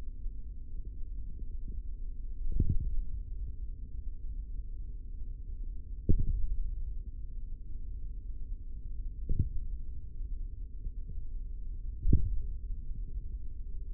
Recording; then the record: forearm muscle sounds (acoustic myography)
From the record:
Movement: hand opening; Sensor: system 3, bracelet of six PUI Audio POM-2738L microphones around the upper forearm, with dedicated amplification and filtering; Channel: 4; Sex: male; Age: 25 years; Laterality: right